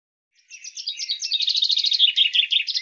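Common chaffinch song: one phrase of fast, repeated high notes that grows louder towards the end.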